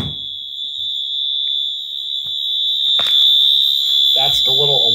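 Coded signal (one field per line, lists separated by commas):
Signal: alarm pattern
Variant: AED cabinet door alarm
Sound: a continuous high-pitched buzzer tone sounding without a break; a man speaks at the end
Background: man speaking, small room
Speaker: I have a feeling it has something to do with this alarm on the door I think the battery is going dead so that's the little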